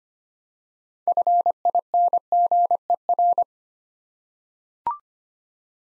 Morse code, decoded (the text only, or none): FINGER